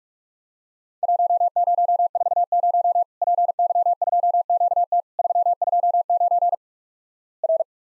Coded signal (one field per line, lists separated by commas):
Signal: Morse code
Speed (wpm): 47 wpm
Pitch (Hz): 700 Hz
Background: none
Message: 1040 PY2QT 329 R